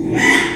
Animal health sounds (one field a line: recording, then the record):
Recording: squeal of a Yucatan mini pig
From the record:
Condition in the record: after surgery on the right vocal fold (resection and tissue-engineered implant)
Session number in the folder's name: 3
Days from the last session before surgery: 33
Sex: male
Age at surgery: 12 weeks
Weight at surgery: 13 kg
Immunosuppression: cyclosporine, prednisolone